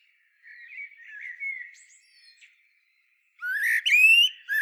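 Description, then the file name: Common blackbird with soft, wavering warbles at first, a pause, then a louder, rising, squeaky phrase with sharp high notes. "Turdus merula"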